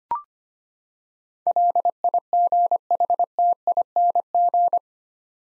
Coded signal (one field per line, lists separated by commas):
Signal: Morse code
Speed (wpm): 25 wpm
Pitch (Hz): 700 Hz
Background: none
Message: LIGHTING